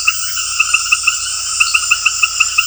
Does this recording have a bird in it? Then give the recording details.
no. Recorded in dense forest near Puerto Asís, Putumayo, Colombia, on 18 February 2024 at 20:00. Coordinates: 0.487, -76.319. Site G6403